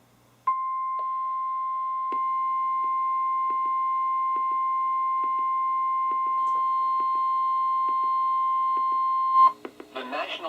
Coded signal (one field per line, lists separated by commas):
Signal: Emergency Alert System (SAME) tones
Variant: 1050 Hz attention tone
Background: speech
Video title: EAS #53-#67: Spring has begun! | KHB36